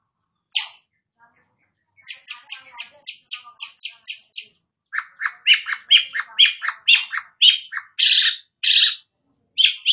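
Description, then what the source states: Long-tailed shrike song: a single note, then a steady, rapid series of sharp high chips, then lower, harsher notes in a rapid sequence. Bird described as 'gacor', meaning singing vigorously.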